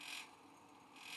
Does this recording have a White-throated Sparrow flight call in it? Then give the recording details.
no. No flight call is heard. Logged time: 04:54 on 5 December 2014